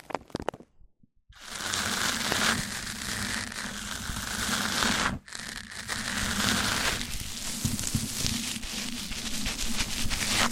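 Mic-on-mic triggers: dense scratchy rubbing and crinkling, starting after a brief quiet second, pausing sharply near five seconds, then resuming steadily.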